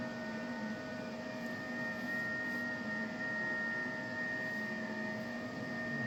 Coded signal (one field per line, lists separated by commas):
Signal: FT8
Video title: operating the icom ic746pro ft8 ham radio